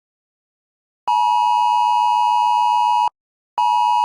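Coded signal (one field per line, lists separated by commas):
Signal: Emergency Alert System (SAME) tones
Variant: 853 and 960 Hz attention tone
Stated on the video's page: Severe thunderstorm warnings and watch received on NOAA Weather Radio WXL54 (Miles City, 162.400 MHz) and WXK57 (Baker, 162.550 MHz).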